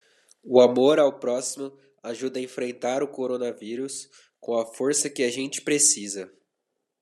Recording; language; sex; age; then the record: spoken sentence; Brazilian Portuguese; male; 20 to 29 years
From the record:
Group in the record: control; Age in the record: 20 years